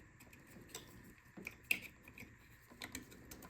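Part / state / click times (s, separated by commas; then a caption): 3-prong wiring harness plug into headlight assembly socket / not seated / none. A 3-prong wiring harness plug is pushed onto the socket of a new headlight assembly on a 2004-2008 Ford F-150, with short ticks and handling taps heard, the sharpest near 1.7 s. The plug sits in place, but nothing clicks because its plastic locking clip is broken.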